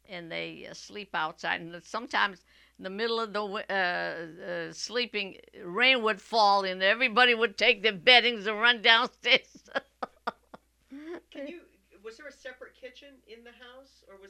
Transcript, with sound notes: And they sleep outside, and sometimes in the middle of the sleeping, rain would fall, and everybody would take their beddings and run downstairs. ( she laughs )
Can you, was there a separate kitchen in the house, or was that...